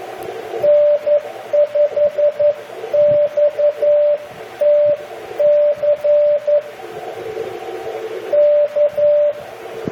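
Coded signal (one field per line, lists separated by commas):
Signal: Morse code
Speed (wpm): 11 wpm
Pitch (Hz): 590 Hz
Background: radio noise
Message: N5XTC K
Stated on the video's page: Sent with a Vibroplex iambic keyer and a Begali Spark straight key.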